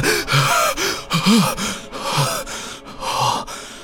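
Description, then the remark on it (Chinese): A sharp, startled intake of breath, as someone nearly drops a skull, stands out amid a dense run of breathy, hissing bursts and brief voiced huffs, loud throughout with no speech. “卡德加猛地吸了口气，差点把头骨摔到了地上。”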